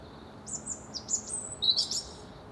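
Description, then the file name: European robin delivers a soft, high whistled phrase of sliding, wavering notes that step up and down, somewhat faint against a background hiss. "Erithacus rubecula"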